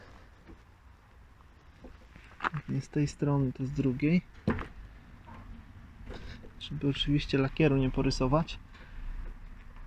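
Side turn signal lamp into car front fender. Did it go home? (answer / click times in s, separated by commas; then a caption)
no / none. The plastic side turn-signal lamp of an Opel Insignia is handled at its opening in the painted front fender while someone talks, with a few short knocks and taps between the words. Nothing has seated or clicked into place yet.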